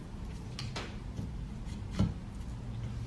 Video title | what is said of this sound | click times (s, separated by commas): 2013-2017 Mazda CX-5 - Front Wiper Blades Replacement | snap it into place it'll lock there | 0.6 s